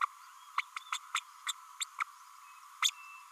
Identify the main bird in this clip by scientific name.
Forpus passerinus